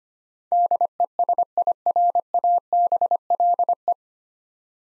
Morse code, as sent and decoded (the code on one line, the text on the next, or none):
-.. . ... .. .-. .- -... .-.. .
DESIRABLE